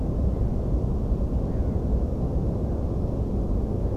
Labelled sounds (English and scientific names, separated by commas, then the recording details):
Black-headed Gull (Chroicocephalus ridibundus)
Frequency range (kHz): Black-headed Gull (Chroicocephalus ridibundus) 1.3-2.6 kHz
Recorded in France